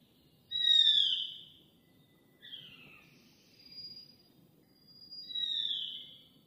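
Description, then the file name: Rufous-crowned laughingthrush giving harmonic-rich calls that slur downward, one loud note then quieter ones spaced one to two seconds apart, over low steady background noise. "台灣白喉噪眉"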